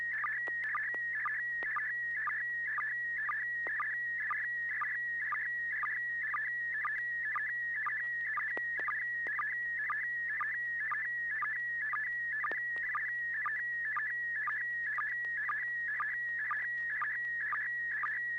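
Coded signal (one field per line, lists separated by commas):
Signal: SSTV (slow-scan television)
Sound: steady high whistling tone with rhythmic warbling chirps about twice a second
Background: low hum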